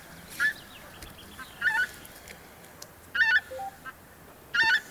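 Bird honking calls: four nasal honks spaced a little over a second apart, with a quieter note between two of them and faint background noise.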